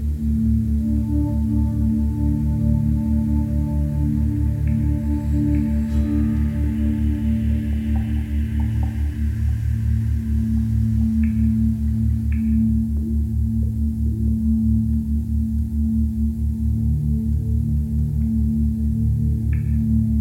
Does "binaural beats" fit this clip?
yes